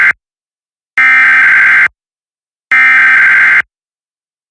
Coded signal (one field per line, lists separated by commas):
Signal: Emergency Alert System (SAME) tones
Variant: header bursts